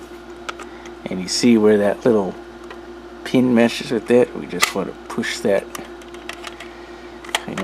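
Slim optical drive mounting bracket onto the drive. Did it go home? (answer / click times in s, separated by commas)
yes / 7.4 s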